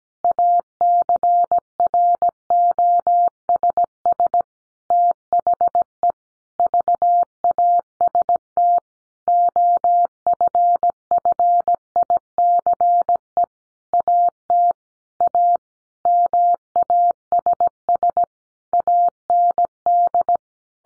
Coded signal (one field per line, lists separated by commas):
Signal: Morse code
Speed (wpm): 17 wpm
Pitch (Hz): 700 Hz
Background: none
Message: ACROSS THE VAST OFFICE AT A MASS AND